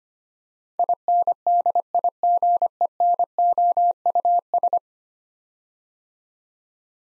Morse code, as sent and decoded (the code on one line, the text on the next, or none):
.. -. -.. .. --. . -. --- ..- ...
INDIGENOUS